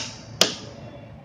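A click-type torque wrench tightening a motorcycle axle nut flexes slightly at the arm, then gives a single sharp, bright click at 0.4 s that rings briefly over a quiet background. The click confirms the wrench has reached its torque setting.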